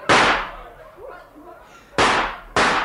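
Three loud, sharp gunshot blasts: a single shot, a quiet pause of about two seconds with faint murmuring, then two more shots in quick succession, each with a brief ringing tail.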